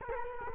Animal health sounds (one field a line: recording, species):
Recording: mosquito wingbeat signal from an infrared sensor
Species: Culex quinquefasciatus